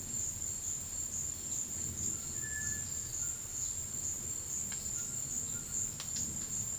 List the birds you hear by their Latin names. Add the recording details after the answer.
Crypturellus cinereus. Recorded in dense forest near Puerto Asís, Putumayo, Colombia, on 19 February 2024 at 17:30. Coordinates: 0.500, -76.322. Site G6465